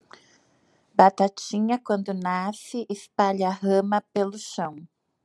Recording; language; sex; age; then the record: short text; Brazilian Portuguese; female; 50 to 59 years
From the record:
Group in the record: control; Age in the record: 55 years